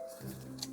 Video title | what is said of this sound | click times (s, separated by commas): Studio Series '86 Leader CORONATION STARSCREAM: EmGo's Transformers Reviews N' Stuff | snip the snap into place and there we go | 0.6 s